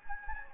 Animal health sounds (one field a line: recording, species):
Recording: mosquito wingbeat signal from an infrared sensor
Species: Anopheles gambiae